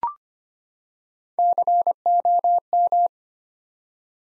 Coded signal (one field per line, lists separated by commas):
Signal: Morse code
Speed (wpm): 25 wpm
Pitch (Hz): 700 Hz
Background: none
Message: COM